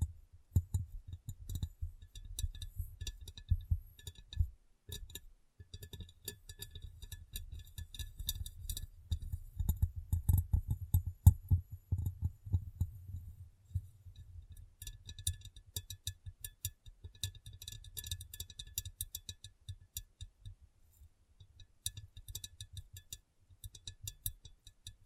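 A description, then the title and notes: Fingertips tap glass in quick, irregular bursts of tiny clicks and ticks that continue for the whole clip. Soft low thumps run underneath, heaviest during the first half and fading after about 13 seconds. Brief gaps near 4 and 5 seconds interrupt the tapping. ASMR Glass Brain Tapping & Cleaning (No Talking).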